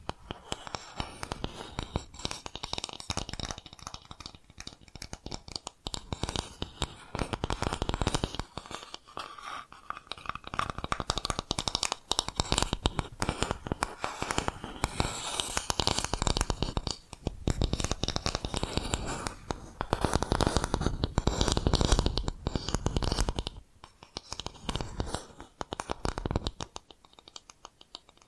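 Rapid tapping and scratching triggers play in dense bursts, the clicks coming fast and irregular across bright and low tones. Activity swells and thins, busiest around the middle and near twenty to twenty-three seconds, with brief quieter gaps between passages.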